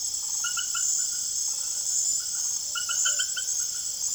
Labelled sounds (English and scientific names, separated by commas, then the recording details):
none
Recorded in secondary vegetation near Puerto Asís, Putumayo, Colombia, on 25 June 2025 at 21:30
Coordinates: 0.489, -76.322
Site G021